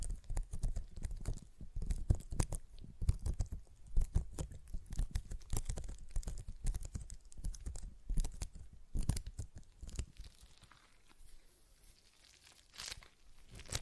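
A stress ball is squeezed and worked, giving dense, irregular crinkling and crunching crackles with sharp snaps packed closely through the first ten seconds. After that the handling thins out into softer, sparser rustles, with one brighter crackle near the thirteenth second.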